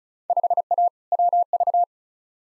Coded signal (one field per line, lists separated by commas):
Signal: Morse code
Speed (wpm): 34 wpm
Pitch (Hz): 700 Hz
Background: none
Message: 5A WV